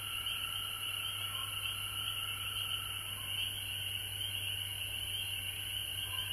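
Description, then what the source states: Frogs trilling together in a continuous chorus, with a few brief softer notes and a low hum beneath. Recorded at home in Georgia on March 19, 2020.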